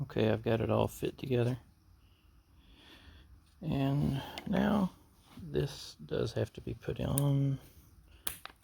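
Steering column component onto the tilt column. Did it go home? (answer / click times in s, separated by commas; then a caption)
yes / 8.3 s. During a tilt column and custom steering wheel installation on a Nissan D21 Hardbody Pathfinder, someone talks while a steering column piece is pressed back onto the tilt column. A sharp snap sounds at 8.3 s, followed by two quieter ticks, as the piece seats in place.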